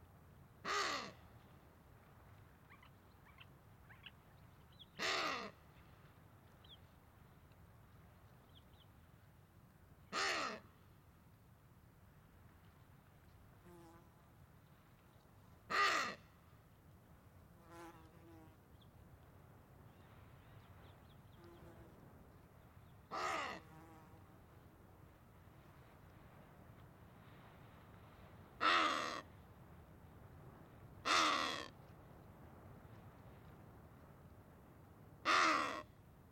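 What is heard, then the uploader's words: Wattled ibises give loud, harsh caws, one at a time, about every three to five seconds, with a quicker run of calls near the end. Between them, faint chattering and twittering from smaller birds sits over a low, steady rumble. A small group of Wattled Ibis feeding on crags in the Sanetti Plateau. Wattled Ibises On The Sanetti Plateau.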